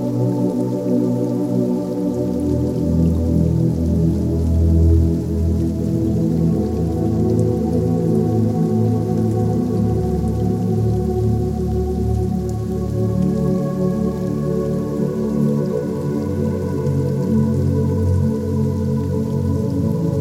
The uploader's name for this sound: Relaxing music and soft rain